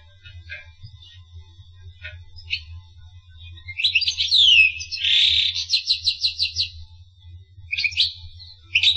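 Finch song: scattered soft chirps, then a loud burst of slurred notes and a fast trill of repeated notes, followed by a few more chirps; low hum throughout.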